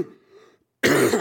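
Adult man. Throat clearing.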